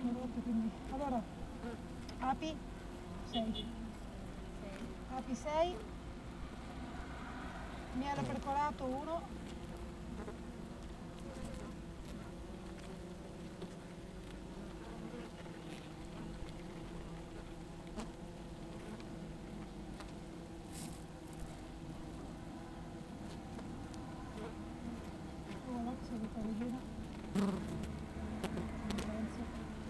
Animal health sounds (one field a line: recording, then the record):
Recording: honeybee colony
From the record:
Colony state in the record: active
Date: 28 July 2017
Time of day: 8:02